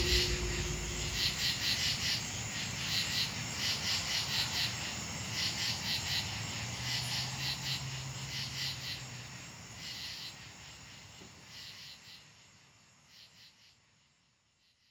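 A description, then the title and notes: Night insects or frogs in a backyard sing in quick, bright pulsed chirps that come in bursts, overlapping as if two callers trade phrases. A low rumble runs underneath, with a brief low hum midway. The calling fades over the last few seconds into near silence. The outside sounds are from my backyard on a warm summer night. I'm not sure if those are bugs or frogs, but you can hear two loud creatures singing back and forth to each other.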